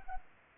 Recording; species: mosquito wingbeat signal from an infrared sensor; Culex pipiens